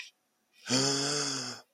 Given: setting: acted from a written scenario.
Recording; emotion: vocal sound without words; negative surprise